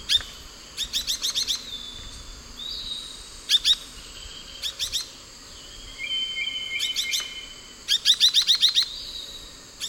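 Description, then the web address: Rufous-bellied euphonia calling with clusters of crisp chipping notes in rapid runs, with thin steady whistles in the background. Recorded in the eastern lowlands of South America. "Natures Songs S America Eastern Lowlands Rufous-bellied Euphonia"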